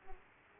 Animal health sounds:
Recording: mosquito wingbeat signal from an infrared sensor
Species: Aedes aegypti

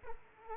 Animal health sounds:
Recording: mosquito wingbeat signal from an infrared sensor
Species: Aedes aegypti

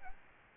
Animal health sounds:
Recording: mosquito wingbeat signal from an infrared sensor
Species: Aedes aegypti

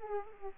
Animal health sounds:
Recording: mosquito wingbeat signal from an infrared sensor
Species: Aedes aegypti

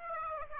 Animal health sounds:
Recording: mosquito wingbeat signal from an infrared sensor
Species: Aedes aegypti

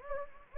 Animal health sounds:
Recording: mosquito wingbeat signal from an infrared sensor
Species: Anopheles gambiae

